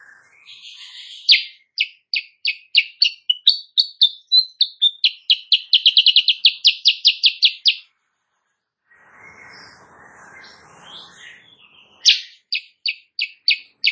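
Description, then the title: Sooty-headed bulbul song: long fast series of sharp, high chirping notes, a brief pause with faint rustling, then the rapid chirps resume. Actively singing ('gacor') in the morning, used as master audio for training songbirds; said to provoke other birds into answering. "Masteran Kutilang Sutra. Kutilang Sutra GACOR pagi hari bikin lawannya AUTO NYAUT"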